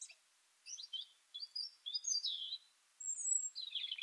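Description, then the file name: European robin song, fairly faint: a run of short high twittering notes and a thin whistle over a light background hiss. "Erithacus rubecula"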